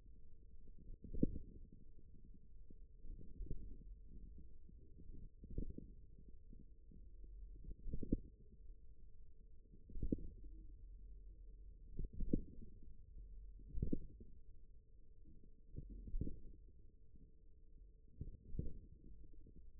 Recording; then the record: forearm muscle sounds (acoustic myography)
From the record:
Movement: radial deviation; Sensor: system 1, eight BSWA MPA416 microphones around the upper forearm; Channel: 7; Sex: male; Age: 41 years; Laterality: right